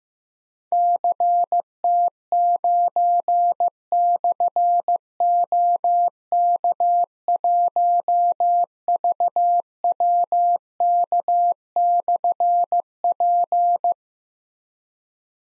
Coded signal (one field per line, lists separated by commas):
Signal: Morse code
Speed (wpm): 15 wpm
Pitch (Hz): 700 Hz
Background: none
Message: CT9/OK1VWK/P